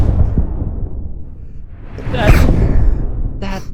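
A single, rather subdued sneeze: a rising breathy intake followed by one brief, noisy burst of air at about two seconds, over low room rumble. A short vocal sound follows near the end.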